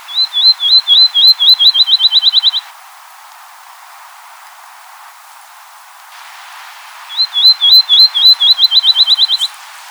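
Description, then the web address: Field sparrow song, two series of whistled notes accelerating into a quick trill, separated by several seconds of quiet hiss. 4 January 2007. "Field Sparrow 2007 01 04"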